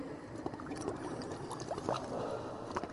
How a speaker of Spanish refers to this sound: El olor que salía de aquellos abismos recién abiertos era insoportable, y Hawkins, que tenía el oído fino, creyó oír allá abajo un sonido chapoteante e inmundo.